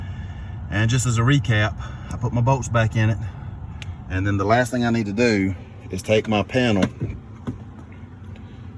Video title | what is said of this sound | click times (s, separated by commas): 1996 Honda Accord Mode Door Actuator Replace | and put my panel back in place and it snaps in place now be gentle with this | 7.5 s